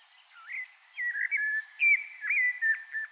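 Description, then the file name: Common blackbird giving a run of smooth, fluty whistled notes, rising and falling and repeated in quick succession. "Turdus merula"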